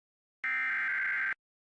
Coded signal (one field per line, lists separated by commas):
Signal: Emergency Alert System (SAME) tones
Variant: header bursts